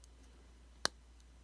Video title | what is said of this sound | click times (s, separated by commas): iPhone 5c logic board/motherboard swap part 2 | you feel everything click in place you just push on a little bit more there | 0.9 s